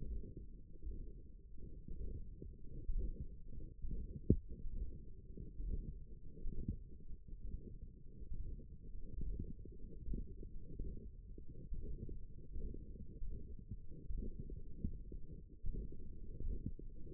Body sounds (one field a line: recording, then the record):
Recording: forearm muscle sounds (acoustic myography)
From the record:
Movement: index flexion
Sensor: system 1, eight BSWA MPA416 microphones around the upper forearm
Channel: 7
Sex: male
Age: 23 years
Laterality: right